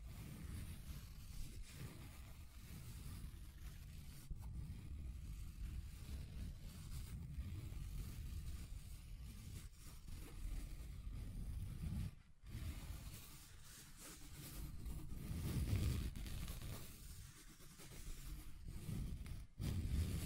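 A table surface is scratched in a continuous low, rough rumble with rasping texture, briefly stopping near twelve seconds and swelling louder around sixteen.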